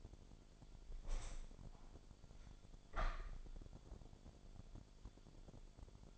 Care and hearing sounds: daily activity, microphone in the room; open window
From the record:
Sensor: 5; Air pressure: 1006.5 hPa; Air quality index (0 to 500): 183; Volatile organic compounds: 5 ppm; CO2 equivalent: 1743 ppm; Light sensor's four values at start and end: 56/160/62/63 and 56/161/62/63

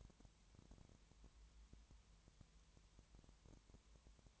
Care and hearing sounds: daily activity, microphone in the room; no activity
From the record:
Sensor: 3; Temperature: 20.5 degrees Celsius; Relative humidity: 32.9%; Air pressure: 1003.2 hPa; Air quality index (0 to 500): 106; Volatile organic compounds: 2 ppm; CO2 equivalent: 1073 ppm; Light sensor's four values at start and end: 2/3/2/2 and 2/3/2/2

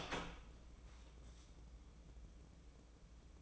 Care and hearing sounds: daily activity, microphone in the room; open door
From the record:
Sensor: 1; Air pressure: 1012.4 hPa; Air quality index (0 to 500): 166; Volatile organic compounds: 3 ppm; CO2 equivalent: 1369 ppm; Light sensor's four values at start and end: 561/1297/578/683 and 556/1284/572/676

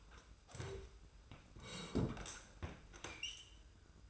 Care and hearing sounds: daily activity, microphone in the room; sit down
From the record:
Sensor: 2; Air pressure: 990.5 hPa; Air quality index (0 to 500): 182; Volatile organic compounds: 1000 ppm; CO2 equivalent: 5800 ppm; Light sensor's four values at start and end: 24/53/23/23 and 24/57/23/23

